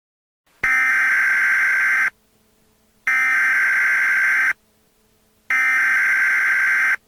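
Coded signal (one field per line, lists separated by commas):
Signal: Emergency Alert System (SAME) tones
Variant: header bursts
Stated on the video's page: Simulated, not real, school EAS alert imagined as a replacement for a lockdown drill.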